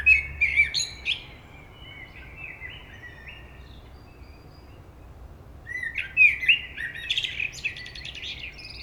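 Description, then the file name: Common blackbird song: a whistled phrase with squeaky top notes, quiet soft warbles, then a longer phrase of slurred whistles and rapid high chattering. "Turdus merula"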